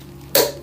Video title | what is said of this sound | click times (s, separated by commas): Glock 25 CENT TRIGGER JOB. CLEANER TRIGGER PULL! | there we go. You heard that click. Now you know it's in there secure. | 0.3 s